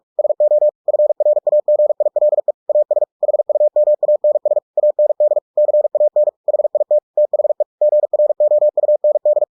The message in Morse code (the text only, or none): SO FRAGILE AS HUMANS AND CAN HIT THE GROUND